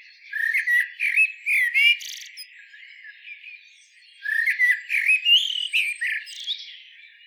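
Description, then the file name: Eurasian blackbird delivers two rich warbling phrases, each closing with a high chittering flourish, separated by a quiet pause of about two seconds. "Turdus merula"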